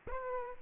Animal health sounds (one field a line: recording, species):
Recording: mosquito wingbeat signal from an infrared sensor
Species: Aedes aegypti